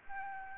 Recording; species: mosquito wingbeat signal from an infrared sensor; Aedes albopictus